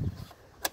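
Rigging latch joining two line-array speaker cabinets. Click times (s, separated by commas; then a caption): 0.7 s. Someone pushes the A button on a QSC KLA line-array speaker cabinet, then pulls the B button down until the metal rigging latch locks and holds the two speaker cabinets together. A low rumble at the start fades to quiet, then a sharp, bright click at 0.7 s marks the latch locking into place.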